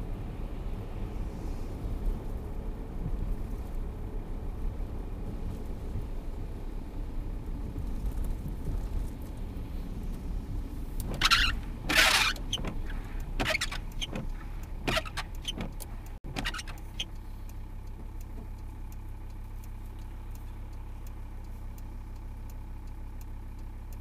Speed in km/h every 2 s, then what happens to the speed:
51, 49, 46, 40, 37, 33, 25, 15, 7, 0, 0, 0.
0-18 slows to 0. 18-24 standing.